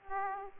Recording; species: mosquito wingbeat signal from an infrared sensor; Aedes aegypti